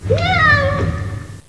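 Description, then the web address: Domestic cat meow: one drawn-out, slightly rising then falling mew lasting about a second, over a low steady hum. "Natures Songs ANIMAL Soundclips. CAT"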